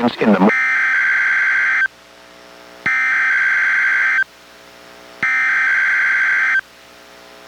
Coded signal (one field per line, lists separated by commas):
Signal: Emergency Alert System (SAME) tones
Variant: header bursts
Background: speech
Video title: EAS #746: NWR Required Weekly Test- Mar. 1, 2023- 11:18AM PST